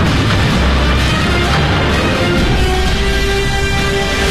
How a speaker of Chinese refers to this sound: 长江上响起了炮声，紫石英号在逃离中搁浅，